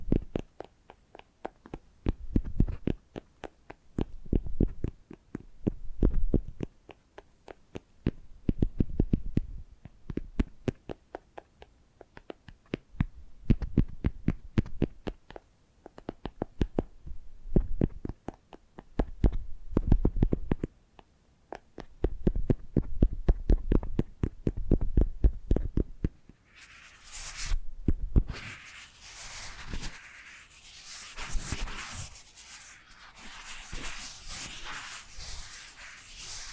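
Scratching and brushing sounds for ASMR, with no talking. For the first 26 seconds, dense rapid scratches come in bursts every few seconds with brief quiet gaps. Then the sound shifts to a brighter, hissy brushing that stays fairly steady to the end.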